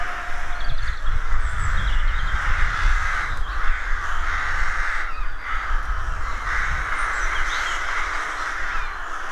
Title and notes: Sound Escape 113: Enjoy the stirring cacophony of a rook colony. We wandering in deeply rural County Armagh. It's early spring and the rooks rule the woodlands. BBC Countryfile Magazine's Sound Escapes